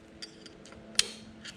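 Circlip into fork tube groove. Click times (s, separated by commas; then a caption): 1.0 s. A steel fork seal circlip on a 2018 Suzuki RMZ 450 is worked into its groove in the aluminium fork leg with a small screwdriver, one side first. Faint metallic ticks at 0.2, 0.5 and 0.7 seconds lead up to a single sharp snap at 1.0 seconds. The circlip is confirmed seated in its groove.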